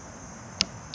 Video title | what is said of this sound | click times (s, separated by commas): Best Value Bike Torque Wrench? Pro Bike Tool Torque Wrench - Unboxing, Calibration, and Testing | There, and that clicked. | 0.6 s